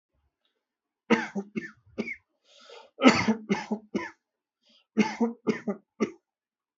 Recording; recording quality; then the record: shallow voluntary cough; excellent, no background noise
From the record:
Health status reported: healthy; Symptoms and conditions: none ticked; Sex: male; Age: 47 years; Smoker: not ticked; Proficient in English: yes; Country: India